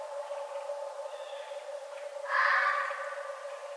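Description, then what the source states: Red fox producing one loud rasping cry after a quiet stretch, the call fading gradually; steady low hum throughout. Recorded 11 November 2011.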